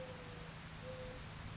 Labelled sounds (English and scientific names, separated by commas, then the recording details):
Mourning Dove (Zenaida macroura)
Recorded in Sonoma County, California